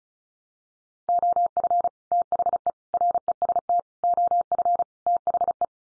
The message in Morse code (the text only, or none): OF THE REST OF THE